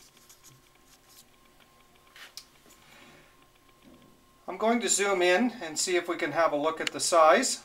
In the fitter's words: and give It a slight little click